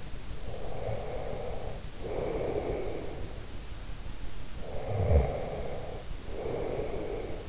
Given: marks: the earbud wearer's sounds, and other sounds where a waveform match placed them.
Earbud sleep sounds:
sounds in sleep by an in-ear microphone; breath, snoring breath
0.41-3.41 s: breath
4.55-7.49 s: snoring breath

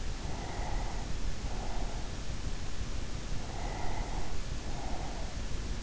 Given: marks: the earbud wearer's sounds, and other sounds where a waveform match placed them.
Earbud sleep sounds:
sounds in sleep by an in-ear microphone; breath
0.00-2.59 s: breath
3.37-5.62 s: breath

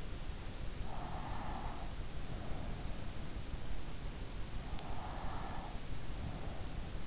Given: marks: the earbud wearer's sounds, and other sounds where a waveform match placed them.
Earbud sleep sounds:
sounds in sleep by an in-ear microphone; breath
0.49-3.48 s: breath
4.55-6.99 s: breath

